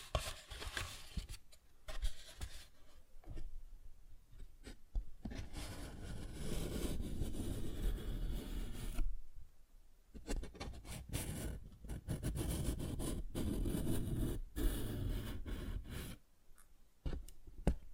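A paper bag is scratched and rubbed in uneven bursts, with short sharp taps breaking through. The crinkly, dry rustling comes in dense stretches, around 5–9 and 10–16 seconds, separated by brief near-silent pauses, with a low rumbling undertone beneath.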